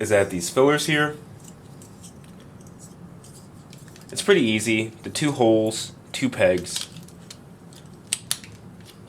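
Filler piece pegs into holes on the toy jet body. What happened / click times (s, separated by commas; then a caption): Two plastic pegs snapped into their holes / 8.1 s, 8.3 s. Someone talks while pushing the first filler piece peg-first into the two holes on the plastic toy jet body of a Bandai Tamashii DX Chogokin Macross VF-1J. Two sharp, loud clicks ring out at 8.1 s and 8.3 s as the two pegs seat in their holes, and the piece is in place.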